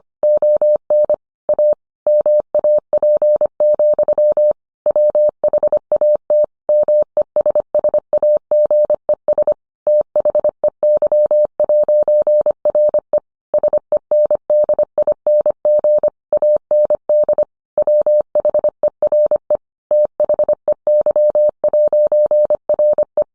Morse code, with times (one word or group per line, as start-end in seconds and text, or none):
0.2-1.1 ON
1.5-1.7 A
2.1-4.5 MAP,
4.9-6.4 WHAT
6.7-9.5 MESSAGES
9.9-13.2 THEY'RE
13.5-16.1 SENDING
16.3-17.4 AND
17.8-19.6 WHERE
19.9-23.2 THEY'RE